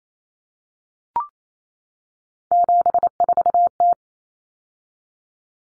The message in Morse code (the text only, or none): 74T